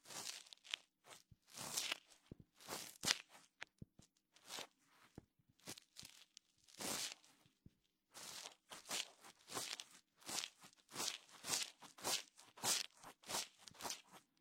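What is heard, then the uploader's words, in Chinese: A wooden ear pick, cotton swabs and fingertips rubbing, heard as a quick run of short scratchy strokes and crunchy rustles, about one or two per second. The strokes are bright and hissy with a faint low hum underneath, with brief pauses near four and eight seconds. 鹿姐姐清理你的耳朵(双耳同时)。木质耳勺、棉签、指尖摩擦。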